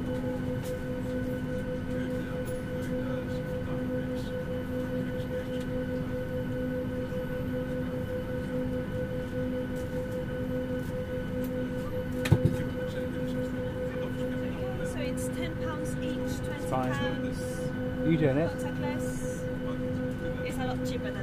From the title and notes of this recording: This week features a flight from London Stanstead airport to the Greek island of Skiathos. Binaural. Boarding the Airbus, through to takeoff and a little bit of cruising.